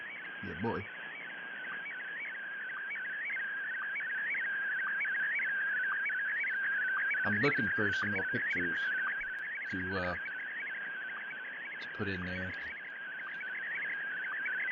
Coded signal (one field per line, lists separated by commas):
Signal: SSTV (slow-scan television)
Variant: Scottie DX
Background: speech